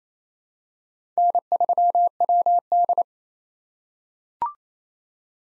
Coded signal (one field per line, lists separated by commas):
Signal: Morse code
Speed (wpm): 28 wpm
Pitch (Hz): 700 Hz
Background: none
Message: N3WD